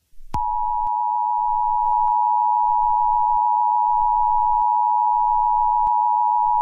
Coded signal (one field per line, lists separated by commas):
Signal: Emergency Alert System (SAME) tones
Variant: 853 and 960 Hz attention tone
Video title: EAS Scenario: Tornado Warning (Fake/Valid Tones)